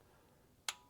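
A torque wrench tightens one of the back valve cover bolts into the cylinder head, and the click wrench gives a loud, sharp click at 0.7 s, confirming the bolt has reached its torque setting. A second, fainter tick follows at 0.9 s over a quiet background.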